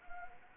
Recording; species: mosquito wingbeat signal from an infrared sensor; Anopheles arabiensis